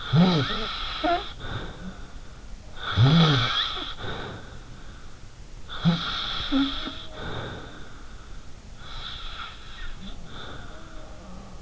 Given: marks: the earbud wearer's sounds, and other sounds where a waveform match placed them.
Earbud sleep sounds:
sounds in sleep by an in-ear microphone; snoring breath
0.00-2.30 s: snoring breath
1.33-2.30 s: sound from someone else or the room
2.69-4.74 s: snoring breath
5.66-8.04 s: sound from someone else or the room
5.66-8.04 s: snoring breath
8.83-11.61 s: snoring breath

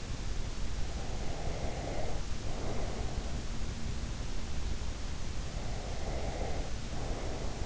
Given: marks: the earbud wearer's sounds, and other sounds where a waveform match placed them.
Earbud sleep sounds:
sounds in sleep by an in-ear microphone; breath
1.20-3.21 s: breath
5.90-7.66 s: breath

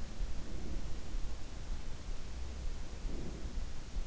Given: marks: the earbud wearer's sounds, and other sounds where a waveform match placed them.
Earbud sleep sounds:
sounds in sleep by an in-ear microphone; breath
0.18-0.97 s: breath
2.97-3.78 s: breath

